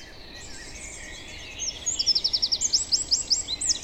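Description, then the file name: Eurasian wren giving a rapid, high, metallic trill of sharp notes, starting after a quiet first second and a half and running to the end over steady background hiss. "Troglodytes troglodytes"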